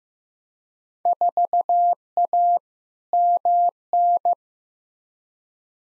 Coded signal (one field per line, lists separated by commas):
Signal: Morse code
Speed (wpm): 15 wpm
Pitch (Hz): 700 Hz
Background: none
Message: 4A MN